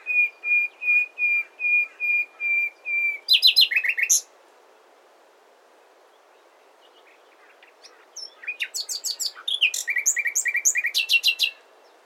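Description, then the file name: Common nightingale song: repeated level whistles, a burst of rattling notes, a silent gap, then a fast, varied phrase of trills, chirps and buzzy whistles. "Luscinia megarhynchos"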